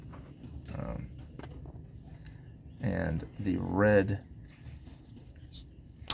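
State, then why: Seated. On a 2003–2008 Dodge Ram 1500 5.7L Hemi, the red plastic position-assurance locking clip on the crankshaft sensor connector plug is pushed back in while someone talks over faint handling noises. A sharp click at 6.1 s marks the clip locking in, which keeps the plug from coming unplugged.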